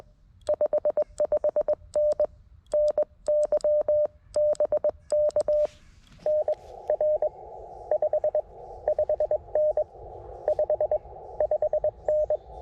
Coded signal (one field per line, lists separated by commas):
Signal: Morse code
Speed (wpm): 20 wpm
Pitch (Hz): 590 Hz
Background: none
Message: 55N NY BK NR 55N 55N